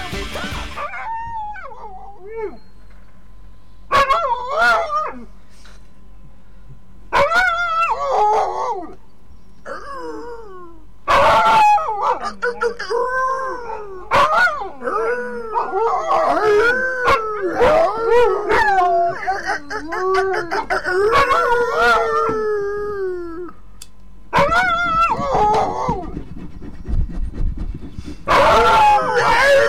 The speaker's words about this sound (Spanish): No es una perra pagando, es el molesto sonido de un perro aullando. ¿A qué jode, eh?